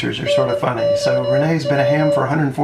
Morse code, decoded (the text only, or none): NOW